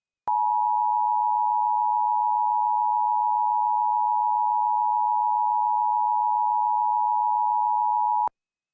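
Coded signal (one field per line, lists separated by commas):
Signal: Emergency Alert System (SAME) tones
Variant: 853 and 960 Hz attention tone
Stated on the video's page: Fictional mock EAS alert about a creature based on Minecraft's Breeze.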